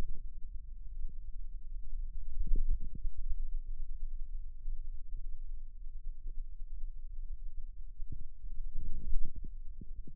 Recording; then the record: forearm muscle sounds (acoustic myography)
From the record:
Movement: radial deviation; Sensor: system 2, bracelet of six BSWA MPA416 microphones around the upper forearm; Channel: 5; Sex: male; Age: 22 years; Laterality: right